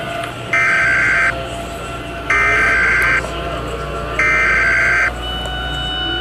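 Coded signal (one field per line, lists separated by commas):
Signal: Emergency Alert System (SAME) tones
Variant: header bursts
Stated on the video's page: Fictional EAS scenario, a made-up alert.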